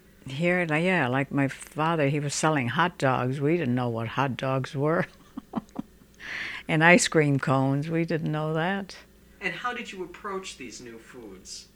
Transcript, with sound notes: Yeah, like my father, he was selling hot dogs. We didn't know what hot dogs were. ( she laughs ) And ice cream cones. We didn't know that.
And how did you approach these new foods?